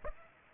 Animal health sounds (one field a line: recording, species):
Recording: mosquito wingbeat signal from an infrared sensor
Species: Aedes aegypti